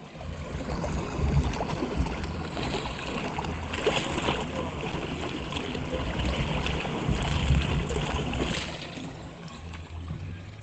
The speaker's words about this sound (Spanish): Recordando ahí el bello mar, el bello sonido del mar desde un pequeño muellecito en el barrio Lleras. Ahí hace algunos años que fui a grabar algunos sonidos.